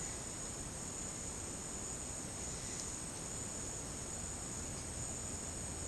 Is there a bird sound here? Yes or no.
no